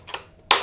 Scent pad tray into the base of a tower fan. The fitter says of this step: click into place like so.